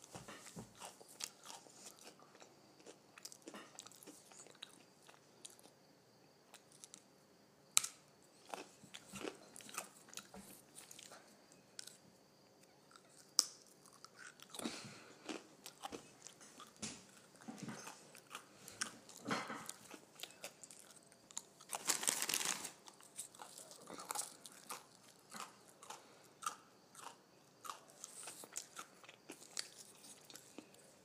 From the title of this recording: Crunching on Potato Chips